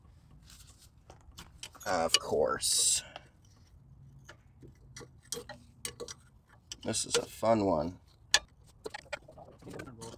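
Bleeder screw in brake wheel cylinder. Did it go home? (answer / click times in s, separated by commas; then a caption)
no / 8.3 s. A wrench on the corroded steel bleeder screw of a brake wheel cylinder on a 2009 Jeep Patriot drum brake slips off with a loud metallic clack at 8.3 s, amid scattered small tool clicks and taps. Someone talks in short bursts around it. The bleeder screw head is completely stripped.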